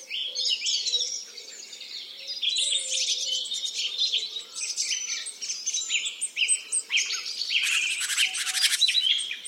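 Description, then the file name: Many birds sing at once, high chattering and trilling phrases, joined by a faint low repeated note and a buzzy burst near the end. "zvuki peniia ptits"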